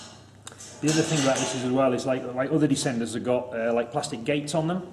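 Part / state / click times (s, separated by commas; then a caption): side plate lock of a rope descender / seated / 0.5 s. The aluminium side plate of a rope descender is closed, and its push-button lock clicks into place at 0.5 s with a short, sharp click, working as a double-action safety with an audible indicator. Someone then talks over the rest of the clip. The side plate is locked.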